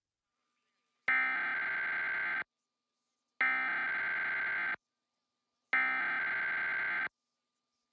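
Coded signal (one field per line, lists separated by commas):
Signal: Emergency Alert System (SAME) tones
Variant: header bursts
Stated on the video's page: EAS test aired on a local TV news station.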